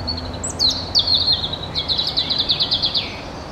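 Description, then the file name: European robin song: thin high whistles and leaps, then a fast run of repeated sharp notes descending slightly, over a steady low background hiss. "Erithacus rubecula"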